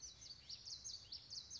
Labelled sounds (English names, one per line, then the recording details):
Common Yellowthroat
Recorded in Sonoma County, California